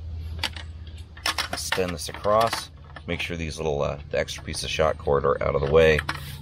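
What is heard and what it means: An aluminum frame section of an EDEUOEY aluminum folding camping table is extended across the table while the extra shock cord is moved out of the way before it is pressed into its slots. Sharp light metallic clinks and rattles come between about 0.5 and 1.5 s, and someone talks throughout. Nothing has seated or clicked into place yet.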